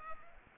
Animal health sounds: mosquito wingbeat signal from an infrared sensor; Culex pipiens

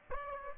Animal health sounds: mosquito wingbeat signal from an infrared sensor; Aedes aegypti

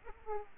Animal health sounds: mosquito wingbeat signal from an infrared sensor; Aedes aegypti

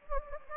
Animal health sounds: mosquito wingbeat signal from an infrared sensor; Anopheles gambiae

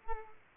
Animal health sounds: mosquito wingbeat signal from an infrared sensor; Culex quinquefasciatus

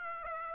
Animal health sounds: mosquito wingbeat signal from an infrared sensor; Aedes aegypti

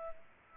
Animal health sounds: mosquito wingbeat signal from an infrared sensor; Culex pipiens

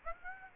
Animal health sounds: mosquito wingbeat signal from an infrared sensor; Aedes aegypti

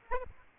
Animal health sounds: mosquito wingbeat signal from an infrared sensor; Aedes albopictus

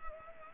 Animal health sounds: mosquito wingbeat signal from an infrared sensor; Culex pipiens

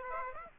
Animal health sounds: mosquito wingbeat signal from an infrared sensor; Aedes aegypti

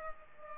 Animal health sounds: mosquito wingbeat signal from an infrared sensor; Culex pipiens

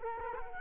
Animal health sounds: mosquito wingbeat signal from an infrared sensor; Culex quinquefasciatus

